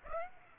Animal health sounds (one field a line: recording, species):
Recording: mosquito wingbeat signal from an infrared sensor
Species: Aedes aegypti